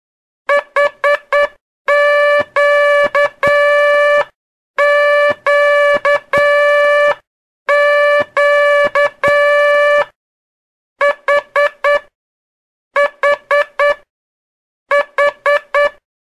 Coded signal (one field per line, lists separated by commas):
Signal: Morse code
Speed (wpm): 9 wpm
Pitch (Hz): 580 Hz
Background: none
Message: H Q Q Q H H H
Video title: Aula de telegrafia Décima segunda parte